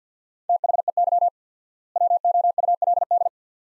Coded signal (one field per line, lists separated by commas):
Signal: Morse code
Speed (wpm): 50 wpm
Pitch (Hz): 700 Hz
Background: none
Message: THEY WOULD